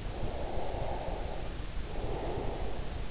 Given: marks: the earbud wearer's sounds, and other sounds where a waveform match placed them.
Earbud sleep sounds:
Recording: sounds in sleep by an in-ear microphone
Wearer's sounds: breath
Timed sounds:
0.07-3.07 s: breath

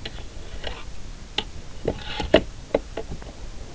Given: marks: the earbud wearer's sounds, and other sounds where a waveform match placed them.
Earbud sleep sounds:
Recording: sounds in sleep by an in-ear microphone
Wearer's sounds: teeth grinding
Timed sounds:
0.00-0.99 s: teeth grinding
1.30-2.55 s: teeth grinding
2.70-3.38 s: teeth grinding

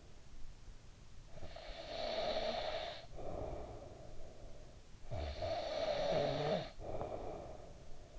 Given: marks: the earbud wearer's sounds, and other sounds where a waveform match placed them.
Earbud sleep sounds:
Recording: sounds in sleep by an in-ear microphone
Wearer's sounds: snoring breath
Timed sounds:
1.11-4.65 s: snoring breath
4.91-8.19 s: snoring breath

